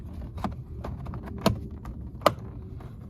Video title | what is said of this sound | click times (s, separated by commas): NISSAN 350Z IN DEPTH DOOR SPEAKER UPGRADE/REPLACEMENT | so once that clicks back in place | 2.3 s